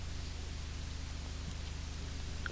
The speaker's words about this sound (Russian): Путники идут по степи. Дождь все не прекращается.